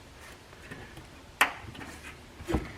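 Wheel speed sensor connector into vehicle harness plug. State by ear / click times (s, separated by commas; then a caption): seated / 1.4 s. The harness connector of a new front wheel speed sensor on a Chevy Equinox or GMC Terrain is routed around and pushed onto its mating vehicle harness plug. Faint handling noise leads to one sharp click at 1.4 s, followed by a duller, lower knock near 2.5 s. The connector is seated.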